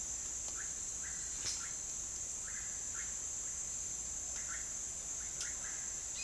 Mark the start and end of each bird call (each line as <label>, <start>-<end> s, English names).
Russet-backed Oropendola, 0.00-6.23 s